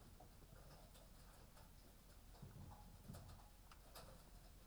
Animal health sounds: poultry house recording; healthy chickens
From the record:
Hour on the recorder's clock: 18

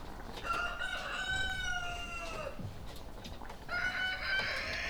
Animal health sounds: poultry house recording; sick chickens (respiratory disease)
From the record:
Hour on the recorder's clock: 17

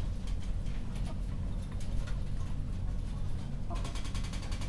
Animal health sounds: poultry house recording; healthy chickens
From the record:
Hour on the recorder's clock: 21

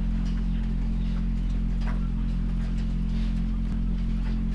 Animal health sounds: poultry house recording; sick chickens (respiratory disease)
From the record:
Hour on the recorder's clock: 2

